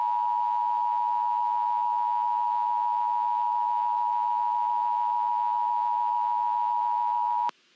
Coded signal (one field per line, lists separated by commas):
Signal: Emergency Alert System (SAME) tones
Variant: 853 and 960 Hz attention tone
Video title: EAS scenario #2: Unstoppable Tornado